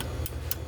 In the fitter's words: Hear it snap.